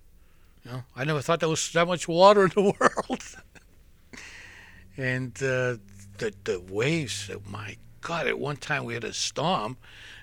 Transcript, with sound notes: you know? I never thought there was that much water in the world. (he laughs) And the, the waves that, my God. At one time we had a storm.